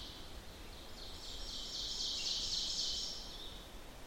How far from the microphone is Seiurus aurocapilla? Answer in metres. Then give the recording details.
about 50 m. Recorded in boreal forest in Alberta, Canada, on 14 June 2016 at 06:02. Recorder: SongMeter 3, array SBT-3-33. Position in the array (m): 110 m, 18 m. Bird 21